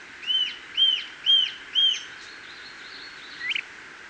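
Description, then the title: Planalto tyrannulet calling: four clear, arched whistled notes about half a second apart, then a brief pause and one short final note; faint hiss in the background. Subspecies brevirostris. "LuckyPassaro Completos2Sama. Planalto Tyrannulet (Phyllomyias fasciatus brevirostris)"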